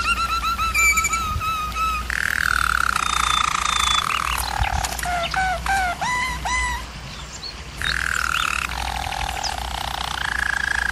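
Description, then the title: German Roller canary song with repeated note series, smooth rolls dropping in pitch, and a cluster of rapid chirps between longer trills. Canary training recording of a German Roller canary singing. "German Roller Canary Singing - Canary Training Vid"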